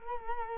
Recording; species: mosquito wingbeat signal from an infrared sensor; Culex quinquefasciatus